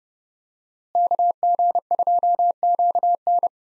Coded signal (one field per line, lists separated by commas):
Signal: Morse code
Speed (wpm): 32 wpm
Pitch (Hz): 700 Hz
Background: none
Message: KG2QN